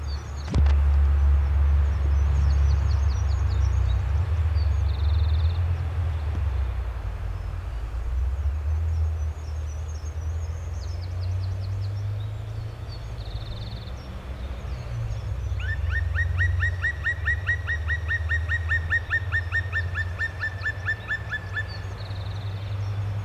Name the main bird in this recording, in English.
Black Woodpecker